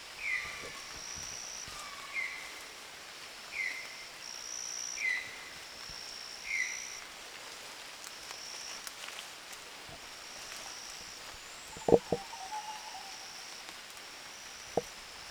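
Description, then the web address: Bird chirps: five short falling notes in the first half, then quieter, with a soft high buzz and a few sharp knocks later. "gallery oiseaux. Mes treks"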